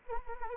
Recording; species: mosquito wingbeat signal from an infrared sensor; Anopheles arabiensis